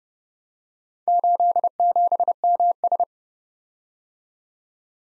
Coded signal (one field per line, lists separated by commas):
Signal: Morse code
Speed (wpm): 34 wpm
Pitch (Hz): 700 Hz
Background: none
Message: 87MS